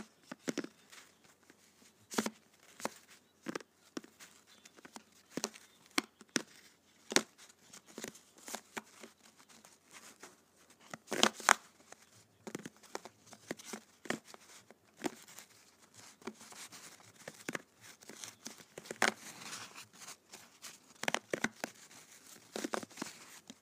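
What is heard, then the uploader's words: Playing cards being handled: sharp, crisp snaps and flicks arrive irregularly throughout, with a brief flurry near the middle. In the last third the card sounds grow busier, becoming a quick, papery riffling patter between louder slaps. ASMR Playing Cards.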